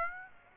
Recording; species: mosquito wingbeat signal from an infrared sensor; Aedes aegypti